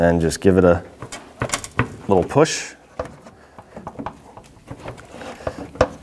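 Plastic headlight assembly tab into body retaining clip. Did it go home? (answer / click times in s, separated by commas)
yes / 5.8 s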